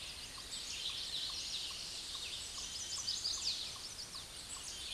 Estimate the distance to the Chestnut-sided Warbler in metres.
about 25 m